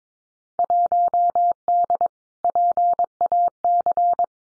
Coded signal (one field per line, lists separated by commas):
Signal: Morse code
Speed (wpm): 22 wpm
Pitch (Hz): 700 Hz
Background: none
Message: 1D PAC